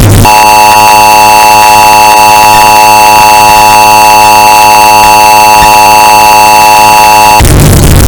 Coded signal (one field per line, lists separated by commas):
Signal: Emergency Alert System (SAME) tones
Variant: 853 and 960 Hz attention tone